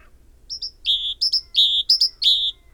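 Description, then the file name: Great tit song, a steady chain of phrases, short high notes falling to a sustained lower note, about three repeats. "Parus major"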